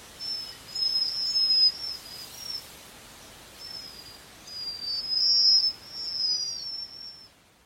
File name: Canto da japanese Waxwing